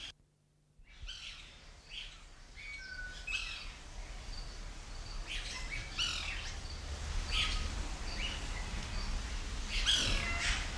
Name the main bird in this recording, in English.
White Woodpecker